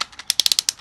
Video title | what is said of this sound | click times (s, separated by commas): Building with Bradshaw - Constructing a Corner Halving Joint | you'll hear it click and then we'll just give it one time back and that's locked in so | 0.4 s, 0.5 s, 0.6 s, 0.7 s